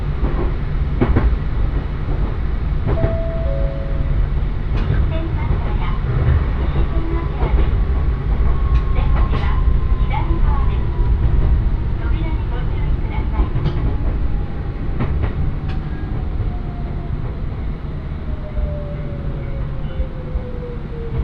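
A train ride with a steady low rumble, scattered clacks and squeaks, a slowly falling whine, and brief voices in the background.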